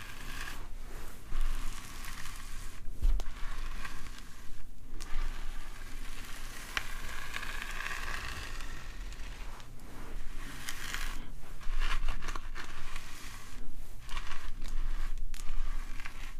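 Scalp oiling and scratching with hair brushing: a dense, crackly rustle runs throughout, like fine sizzling, with strokes swelling and fading every second or so. Brief dropouts near 3, 5, 10 and 13 seconds break the steady scratching rhythm.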